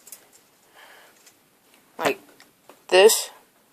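Someone handles the folded plier jaws of a metal multitool, flicking them out toward the open position in the handle. Brief light handling ticks come near the start, and someone talks. Nothing has clicked or locked into place yet.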